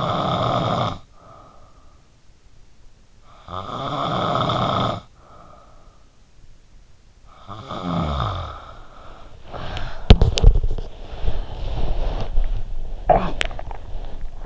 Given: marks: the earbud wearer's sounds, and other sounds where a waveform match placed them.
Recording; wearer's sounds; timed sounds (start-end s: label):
sounds in sleep by an in-ear microphone; snoring breath, body movement, cough or throat clearing or sniffle
0.00-9.25 s: snoring breath
9.25-13.07 s: body movement
12.74-14.46 s: cough or throat clearing or sniffle